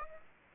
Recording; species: mosquito wingbeat signal from an infrared sensor; Aedes aegypti